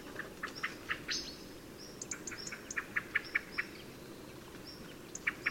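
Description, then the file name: Common blackbird giving a series of sharp ticking notes, while other small birds add high, thin whistles and brief squeaks throughout. "Turdus merula"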